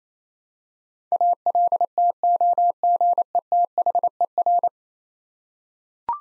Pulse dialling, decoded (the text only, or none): none